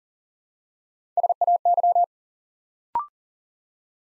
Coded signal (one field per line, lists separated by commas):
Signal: Morse code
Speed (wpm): 37 wpm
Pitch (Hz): 700 Hz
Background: none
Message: SAY